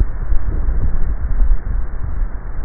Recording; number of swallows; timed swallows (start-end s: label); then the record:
swallowing sounds by neck microphone; 1
0.88-1.55 s: swallow
From the record:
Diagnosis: dysphagia